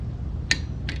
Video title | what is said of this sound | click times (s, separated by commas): 2020 Suzuki DR650 sidecar build / STAHLBUS OIL DRAIN PLUG & first oil drain & Pablo's Landcruiser | there's the click i'm done | 0.5 s